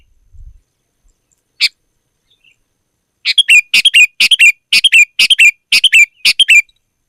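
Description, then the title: Sooty-headed bulbul song: a single sharp note, then a quick run of several liquid, chirpy phrases delivered in rapid succession. "kutilang"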